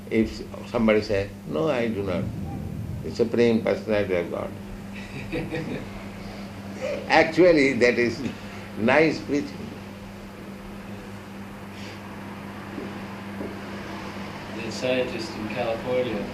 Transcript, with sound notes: If somebody says, "No, I do not," "The Supreme Personality of Godhead." [laughter] Actually that is nice preaching.
The scientist's in California.